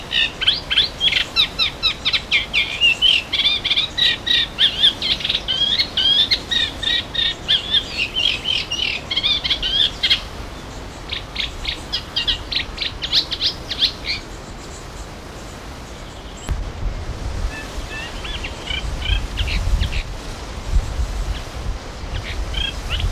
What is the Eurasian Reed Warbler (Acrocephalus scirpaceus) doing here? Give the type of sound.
song